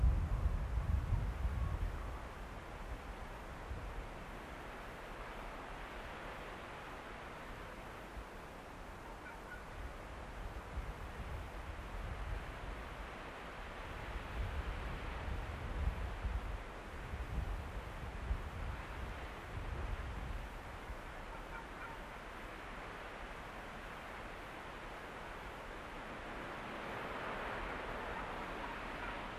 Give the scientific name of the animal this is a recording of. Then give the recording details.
Vulpes lagopus. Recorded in the wild. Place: Insel Mednyi, Kommandeur-Inseln, RU. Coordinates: 54.5167, 168.083. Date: 1999-07-13 17:59. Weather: Nebel, 7°C, Westwind ca. 10 m/s. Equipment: Sony WM-D6C, Sennheiser MKH 70, Windkorb, Kopie Tascam DA 30. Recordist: Frommolt, Karl-Heinz